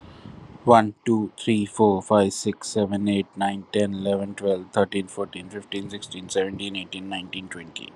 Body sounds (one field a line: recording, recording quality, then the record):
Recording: counting at a fast pace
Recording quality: excellent, no background noise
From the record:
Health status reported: COVID-19 positive, moderate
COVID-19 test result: positive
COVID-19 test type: RT-PCR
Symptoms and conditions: cough, fever, fatigue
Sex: male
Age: 35 years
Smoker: no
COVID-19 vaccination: both doses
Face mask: not worn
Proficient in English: yes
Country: India